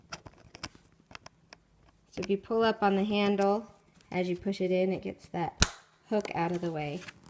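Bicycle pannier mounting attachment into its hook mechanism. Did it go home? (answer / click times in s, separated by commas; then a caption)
no / none. A plastic bicycle pannier mounting attachment is handled at its hook mechanism, with the handle pulled up so the hook moves out of the way. Brief faint clicks and handling sounds come early, then someone talks. Nothing has seated or clicked into place yet.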